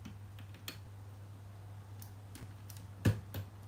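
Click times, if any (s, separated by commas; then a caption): none. Small LEGO plastic brick pieces are handled while being pushed into a brick model, with light plastic taps near 0.7, 3.1 and 3.3 seconds over a steady low hum. Nothing has seated or clicked into place yet.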